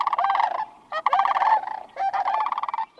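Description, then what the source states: Lesser Sandhill Crane calls, loud rolling rattled bugles in three long bursts with a fourth starting. Cranes stopping each spring at Othello, Washington, on the east side of the Cascades.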